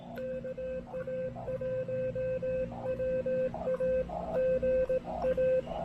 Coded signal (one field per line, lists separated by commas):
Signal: Morse code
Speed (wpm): 18 wpm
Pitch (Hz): 520 Hz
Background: none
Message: KA1WA GA